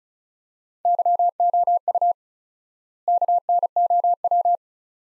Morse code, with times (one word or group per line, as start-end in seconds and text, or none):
0.9-2.1 YOU
3.1-4.6 KNOW